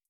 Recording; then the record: hydrophone in a shrimp aquaculture tank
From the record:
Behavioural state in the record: feeding